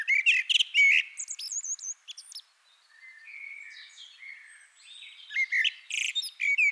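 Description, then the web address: Eurasian blackbird song: loud fluty warbled phrases with high twittering notes at the start and end, and softer drawn-out phrases in between. "SETE data Turdus merula"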